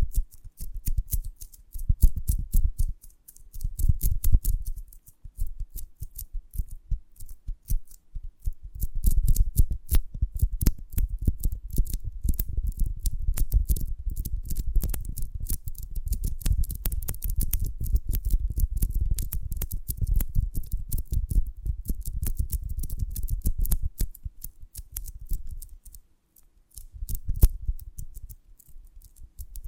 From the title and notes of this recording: ASMR of a Honeycomb on Branch (No Talking).